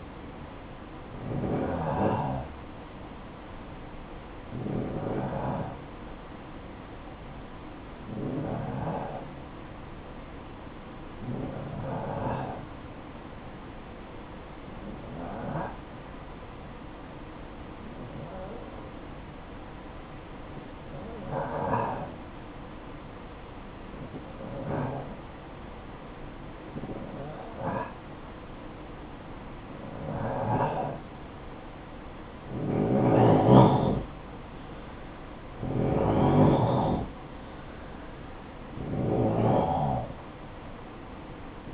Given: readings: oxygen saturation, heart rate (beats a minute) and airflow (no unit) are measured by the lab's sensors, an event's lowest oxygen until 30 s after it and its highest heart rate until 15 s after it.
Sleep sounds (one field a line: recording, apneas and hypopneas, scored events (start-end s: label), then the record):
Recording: breathing in sleep by a voice recorder at the bedside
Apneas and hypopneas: 1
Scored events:
9.00-33.40 s: hypopnea (N1, oxygen 95% highest, then 89% lowest, heart rate 59 at the start, 61 highest)
From the record:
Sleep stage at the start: N1 (lightest sleep)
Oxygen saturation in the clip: 88 to 95%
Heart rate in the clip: 55 to 61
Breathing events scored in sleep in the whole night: 573 in 9.8 hours asleep